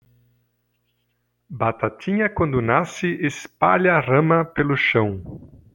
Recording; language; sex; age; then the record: short text; Brazilian Portuguese; male; 40 to 49 years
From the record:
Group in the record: control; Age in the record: 43 years